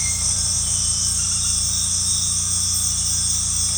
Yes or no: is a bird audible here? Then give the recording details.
no. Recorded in secondary vegetation near Puerto Asís, Putumayo, Colombia, on 18 December 2024 at 18:30. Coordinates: 0.485, -76.322. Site GP08